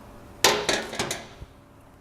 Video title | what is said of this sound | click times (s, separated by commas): Check the Spark Plugs on your Lawnmower | place the cap on make sure it clicks on and we're good to go | 0.5 s